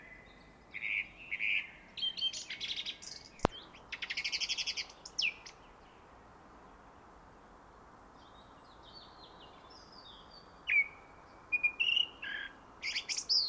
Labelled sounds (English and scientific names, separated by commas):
Song Thrush (Turdus philomelos) song